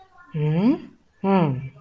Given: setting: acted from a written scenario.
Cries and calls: vocal sound without words; anger

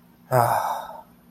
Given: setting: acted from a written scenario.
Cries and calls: vocal sound without words; serenity

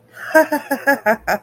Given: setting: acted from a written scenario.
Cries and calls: vocal sound without words; amusement

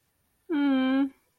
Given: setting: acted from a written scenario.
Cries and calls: vocal sound without words; adoration

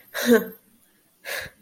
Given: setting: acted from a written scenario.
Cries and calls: vocal sound without words; anger

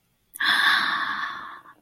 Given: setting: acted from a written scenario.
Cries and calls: vocal sound without words; elation

